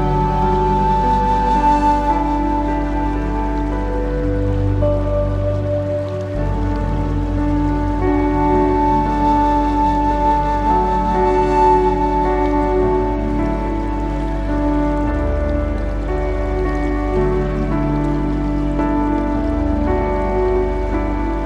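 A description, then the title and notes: Slow meditation music of sustained, overlapping tones over a deep low drone, with a steady rain-like patter beneath and a bright ringing note drifting through. Chakra Meditation Music and Relaxing Nature Sounds.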